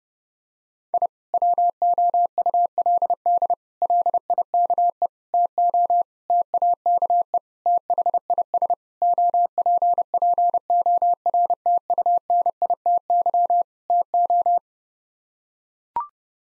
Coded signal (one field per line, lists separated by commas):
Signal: Morse code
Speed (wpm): 30 wpm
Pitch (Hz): 700 Hz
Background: none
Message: I WOULD LIKE TO TAKE THIS OPPORTUNITY TO